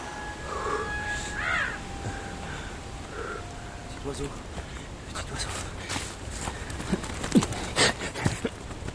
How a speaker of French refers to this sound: Allez, viens là, mon cheval. Allez, viens. Doucement. Voilà.